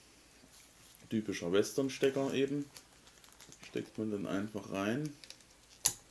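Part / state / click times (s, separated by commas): microphone modular plug into radio side jack / seated / 5.9 s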